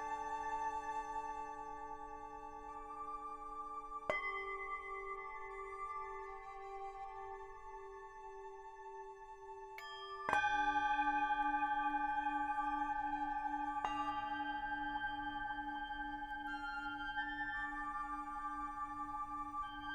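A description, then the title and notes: Tibetan singing bowls ring out in long, steady tones, with shimmering overtones hanging above each note. A new bowl is struck at about 4 seconds, again near 10 seconds, louder, and at 14 seconds, each strike layering onto the fading hum of the last. This meditation has been recorded with a selection of real Tibetan (or singing) Bowls which produce a very soothing sound. These bowls have been recorded live in order to preserve the subtle sounds of the harmonic overtones they produce.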